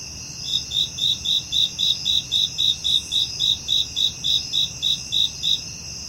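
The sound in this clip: Cricket chirping in a steady series of short pulsed chirps, roughly four per second, over a constant high insect drone and soft low background rumble.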